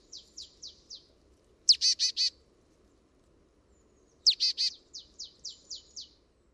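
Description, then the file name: Marsh tit calls: thin high notes followed by a loud burst of three or four buzzy, clipped notes, then a second such burst followed by soft trailing high notes. "Poecile palustris"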